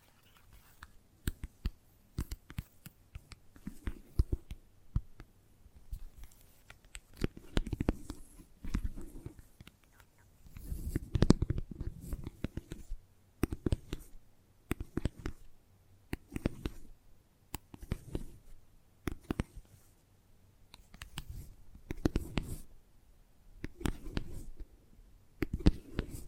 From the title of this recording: ASMR Gentle Tapping